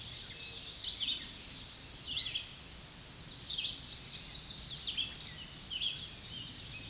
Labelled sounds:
American Redstart (Setophaga ruticilla) song
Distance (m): 15 m
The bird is about 10 m above the microphone
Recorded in a Pennsylvania forest on 16 May 2024 at 06:53
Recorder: AudioMoth, point MSD-2377
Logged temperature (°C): 16.1 °C
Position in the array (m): 123 m, 205 m

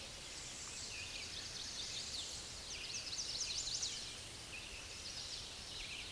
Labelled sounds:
Chestnut-sided Warbler (Setophaga pensylvanica) song
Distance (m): 25 m
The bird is about level with the microphone
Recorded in a Pennsylvania forest on 16 May 2024 at 06:32
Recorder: AudioMoth, point MSD-0383
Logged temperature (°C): 15.3 °C
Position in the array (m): 88 m, 182 m

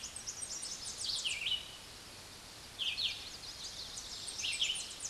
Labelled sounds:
Red-eyed Vireo (Vireo olivaceus) song
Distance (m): 25 m
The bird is about 20 m above the microphone
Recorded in a Pennsylvania forest on 16 May 2024 at 06:41
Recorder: AudioMoth, point MSD-2258
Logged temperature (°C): 15.2 °C
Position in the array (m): 165 m, 73 m

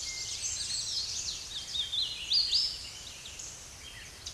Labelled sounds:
Hooded Warbler (Setophaga citrina) song
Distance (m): 30 m
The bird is about level with the microphone
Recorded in a Pennsylvania forest on 16 May 2024 at 07:26
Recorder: AudioMoth, point MSD-1293
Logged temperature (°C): 12.0 °C
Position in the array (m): 30 m, 146 m

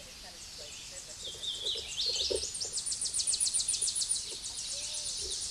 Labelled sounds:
Tennessee Warbler (Leiothlypis peregrina) song
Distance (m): 25 m
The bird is about 20 m above the microphone
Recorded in a Pennsylvania forest on 16 May 2024 at 08:16
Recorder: AudioMoth, point MSD-1401
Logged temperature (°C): 16.4 °C
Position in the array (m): 65 m, 170 m

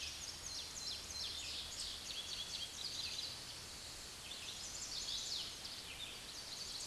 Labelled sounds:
Chestnut-sided Warbler (Setophaga pensylvanica) song
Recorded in a Pennsylvania forest on 16 May 2024 at 06:18
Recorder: AudioMoth, point MSD-0814
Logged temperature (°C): 15.8 °C
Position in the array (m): 170 m, 103 m

